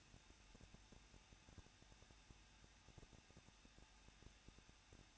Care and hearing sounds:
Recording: daily activity, microphone in the room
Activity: no activity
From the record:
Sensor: 2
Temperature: 21.0 degrees Celsius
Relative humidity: 37.5%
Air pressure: 1006.2 hPa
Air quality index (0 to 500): 223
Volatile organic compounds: 25 ppm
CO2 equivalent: 2828 ppm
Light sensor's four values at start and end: 2/3/2/2 and 2/3/2/2

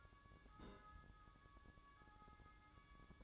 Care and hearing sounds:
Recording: daily activity, microphone in the room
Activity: place on stove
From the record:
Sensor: 3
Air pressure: 1008.0 hPa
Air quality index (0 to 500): 118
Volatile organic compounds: 2 ppm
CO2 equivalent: 978 ppm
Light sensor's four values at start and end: 8/20/8/8 and 8/20/8/8

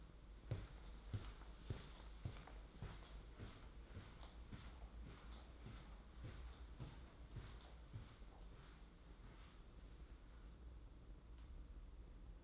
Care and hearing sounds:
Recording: daily activity, microphone in the room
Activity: walk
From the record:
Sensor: 3

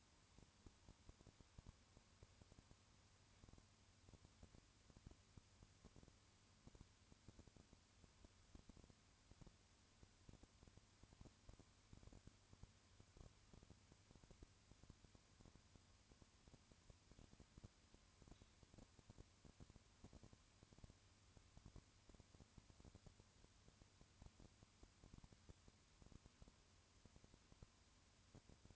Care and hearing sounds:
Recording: daily activity, microphone in the room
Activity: no activity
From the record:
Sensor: 2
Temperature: 20.3 degrees Celsius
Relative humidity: 35.6%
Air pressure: 1000.9 hPa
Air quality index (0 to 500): 196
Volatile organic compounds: 5 ppm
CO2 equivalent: 1725 ppm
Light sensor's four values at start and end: 2/3/2/2 and 2/3/2/2

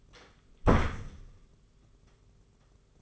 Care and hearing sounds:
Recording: daily activity, microphone in the room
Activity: close door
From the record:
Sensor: 4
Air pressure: 991.1 hPa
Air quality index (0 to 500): 134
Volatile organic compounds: 48 ppm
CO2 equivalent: 3270 ppm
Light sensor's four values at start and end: 12/28/11/12 and 9/21/8/9

